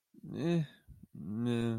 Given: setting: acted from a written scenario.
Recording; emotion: vocal sound without words; neutral